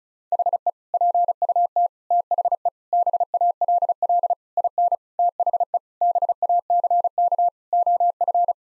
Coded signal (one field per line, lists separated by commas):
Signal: Morse code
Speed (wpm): 36 wpm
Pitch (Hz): 700 Hz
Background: none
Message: HE PUT THE BALL IN THE BACK OF